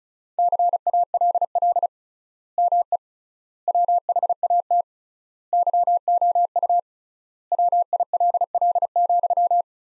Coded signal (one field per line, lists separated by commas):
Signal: Morse code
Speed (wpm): 36 wpm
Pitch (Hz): 700 Hz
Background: none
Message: CALL ME WHAT YOU WILL,